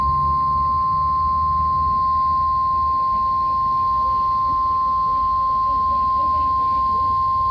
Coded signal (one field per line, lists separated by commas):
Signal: Emergency Alert System (SAME) tones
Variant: 1050 Hz attention tone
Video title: Weekly & Monthly Tests (EAS #1565 - 1569)